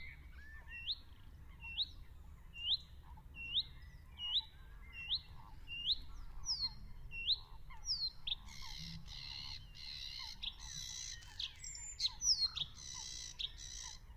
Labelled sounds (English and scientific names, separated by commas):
Bluethroat (Luscinia svecica) song